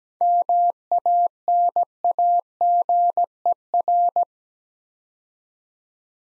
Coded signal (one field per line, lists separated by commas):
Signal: Morse code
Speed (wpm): 17 wpm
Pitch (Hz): 700 Hz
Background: none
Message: MANAGER